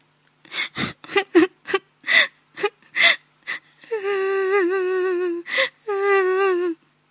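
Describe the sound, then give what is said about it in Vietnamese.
A woman sobs in a string of short, broken gasping bursts, then breaks into long, wavering high-pitched wails, loud and anguished, with no other voices. “Cô gái bị bỏ rơi, gào khóc thảm thương.”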